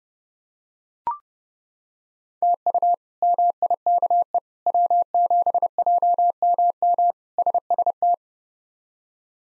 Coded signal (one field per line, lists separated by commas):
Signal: Morse code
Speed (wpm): 32 wpm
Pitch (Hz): 700 Hz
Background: none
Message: TU MIKE W7JMM SST